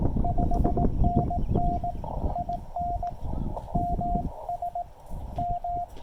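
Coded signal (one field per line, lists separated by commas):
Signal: Morse code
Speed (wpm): 18 wpm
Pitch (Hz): 700 Hz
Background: none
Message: 5NN IN MS M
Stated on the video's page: Sent with portable paddles on a Yaesu FT-817ND QRP transceiver into an MFJ-1984LP end-fed half-wave antenna.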